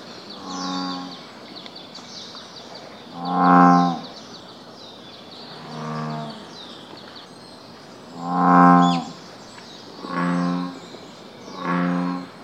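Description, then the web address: American bullfrog calling: six deep, droning, moo-like notes, some louder than others. Recorded on 17 May 2014. "birdenaga usigaeru 140517"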